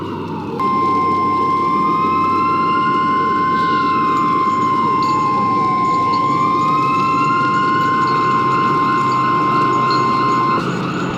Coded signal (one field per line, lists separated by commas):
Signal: Emergency Alert System (SAME) tones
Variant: 1050 Hz attention tone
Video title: (GOOD EAS SCENARIO) Into the Storm | An EAS Scenario | 1080p/25fps